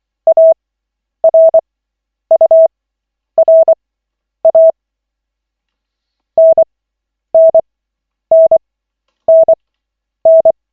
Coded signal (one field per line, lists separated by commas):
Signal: Morse code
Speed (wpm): 24 wpm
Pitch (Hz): 650 Hz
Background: none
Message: ARURA NNNNN